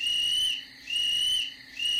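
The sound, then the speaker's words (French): In the evening, a young man whistles three clear, high-pitched whistles in a row, each a steady, sustained tone separated by short pauses, with no talking. “Le soir venu, … siffla 3 fois.”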